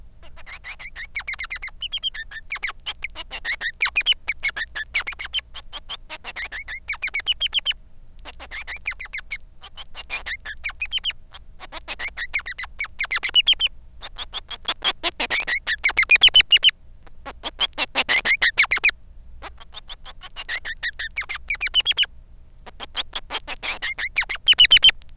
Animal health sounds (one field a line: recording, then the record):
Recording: song of a male Bengalese finch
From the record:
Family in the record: son of father 3